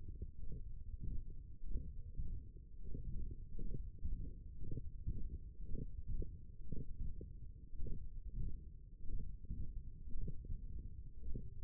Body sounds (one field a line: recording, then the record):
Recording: forearm muscle sounds (acoustic myography)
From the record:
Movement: index flexion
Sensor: system 1, eight BSWA MPA416 microphones around the upper forearm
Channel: 1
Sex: male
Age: 42 years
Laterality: right